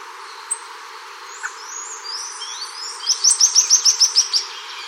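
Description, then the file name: Bird call sounding as a fast train of roughly nine bright, high chirps near the end, after softer warbling notes and a couple of isolated ticks. "SABIOD 50 bird 2015"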